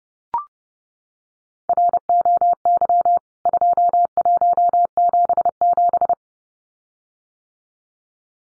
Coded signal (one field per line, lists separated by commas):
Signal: Morse code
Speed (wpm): 30 wpm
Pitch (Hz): 700 Hz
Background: none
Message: ROY 2177